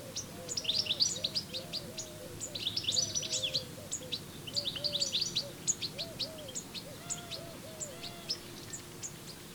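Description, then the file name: European goldfinch twittering: bright, tinkling chirps in rapid flurries, with softer, lower wavering notes beneath. "Carduelis carduelis"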